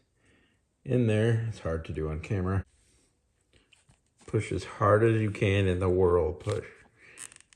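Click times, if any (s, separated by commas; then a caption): 7.2 s, 7.3 s, 7.4 s, 7.5 s. Someone talks while the plastic tail peg of a McFarlane Toys Avatar Banshee action-figure creature is forced with hard pushing into the holes on the underside of its body. Creaking follows, then short clicks at 7.2, 7.3, 7.4 and 7.5 seconds as the tail locks into place.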